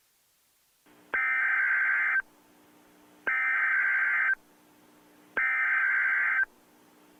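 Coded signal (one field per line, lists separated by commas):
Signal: Emergency Alert System (SAME) tones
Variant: header bursts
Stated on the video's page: Simulated scenario alert depicting a fictional tornado outbreak; the page warns against loud headphone listening.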